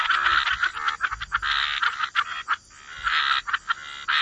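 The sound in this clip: Frogs in a buzzing chorus of croaks, with a short lull near the middle.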